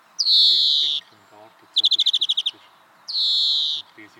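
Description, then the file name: European greenfinch alternating a wheezy drawn-out note, a rapid trill of about ten notes, and another wheeze, with faint low pulsing sounds underneath. "Chloris chloris"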